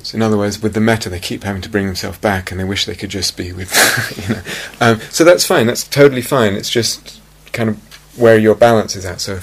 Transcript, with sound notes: In other words, with the mettā, they keep having to bring themselves back, and they wish they could just be with the... [laughs] So that's fine. That's totally fine. It's just kind of where your balance is at, Sophie.